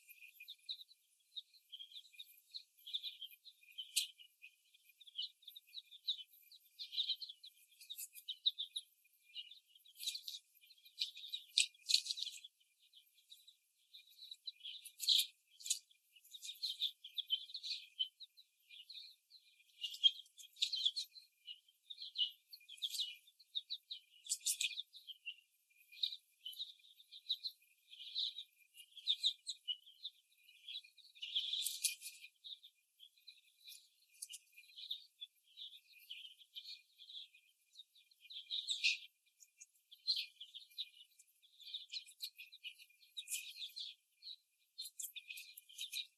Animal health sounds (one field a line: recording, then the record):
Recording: young laying hens in a cage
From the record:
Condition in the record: after the stressor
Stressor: simulated dog barking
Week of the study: 1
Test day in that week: 1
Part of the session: 2